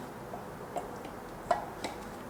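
A steel snap ring is handled with snap ring pliers and a screwdriver on a second try to fit it into the groove of a KTM 1090/1190/1290 motorcycle rear wheel hub. Faint metallic ticks sound, with sharper ones near 0.8 s, 1.5 s and 1.8 s over a quiet background. Nothing has seated or clicked yet.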